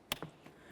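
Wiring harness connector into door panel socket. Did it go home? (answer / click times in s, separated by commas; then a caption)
yes / 0.1 s. On a 2012-2018 Nissan Altima, the door panel wiring harness connector is pressed into its socket while the door panel is reinstalled after replacing the left exterior mirror. A sharp, bright click at 0.1 s is followed by a softer tick at about 0.2 s and a faint tap near 0.5 s. The connector is seated.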